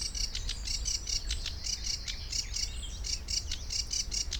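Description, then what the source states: Sedge warbler singing a fast scratchy run of high repeated notes, over a low background rumble. Recorded at the Ammersee on 22 June 2014.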